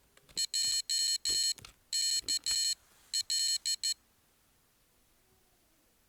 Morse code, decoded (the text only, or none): JKL